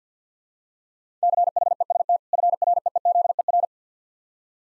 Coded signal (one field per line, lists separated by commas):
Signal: Morse code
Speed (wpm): 50 wpm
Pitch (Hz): 700 Hz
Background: none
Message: CHEST FREEZER